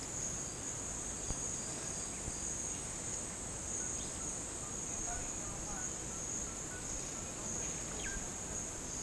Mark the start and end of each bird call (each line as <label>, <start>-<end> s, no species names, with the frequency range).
bird call (1.2-4.3 kHz), 7.91-8.21 s